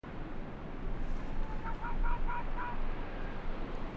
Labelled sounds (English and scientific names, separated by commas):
Arctic Fox (Vulpes lagopus)